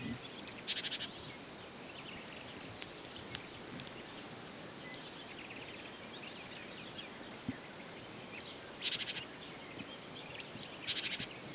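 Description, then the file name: Great tit calls: thin high notes in quick pairs alternating with harsh buzzy churrs, given in bursts every one to two seconds over a quiet hiss. "Parus major"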